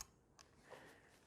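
The collar of an air hose quick-connect coupler on a VIAIR 400P-RVS / 450P-RVS compressor hose is pulled back, pushed onto the hose fitting for a gas station style air gun, and released. A sharp tick at 0.0 s marks the collar snapping back forward, with a fainter tick at 0.4 s and a low hiss after. The coupling is seated, which is what keeps the connection from leaking.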